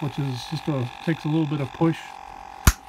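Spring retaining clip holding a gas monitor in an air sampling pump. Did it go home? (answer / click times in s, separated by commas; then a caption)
yes / 2.7 s. Someone talks while pushing a spring retaining clip over a gas monitor fitted in the housing of a Dräger Mark II air sampling pump, which takes a little push. A single loud, sharp pop comes at 2.7 s as the clip snaps into place and seats.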